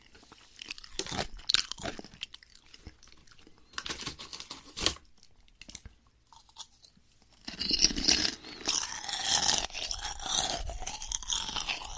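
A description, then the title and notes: Crispy layered snacks being eaten, with sharp crunching bites in short bursts around the first five seconds and quieter pauses between. After about seven seconds the chewing becomes denser and louder, a continuous crackling crunch that carries on to the end. 4 layered crispy snack eating sound. No talking asmr 말없이 4겹 꼬북칩 먹어보기.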